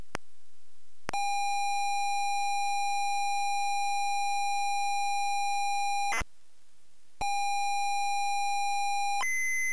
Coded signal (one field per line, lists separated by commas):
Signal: ZX Spectrum tape loading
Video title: ZX Spectrum plays Imperial March with loading noise